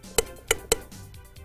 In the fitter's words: the third click notifies the user the full downstroke cycle has been completed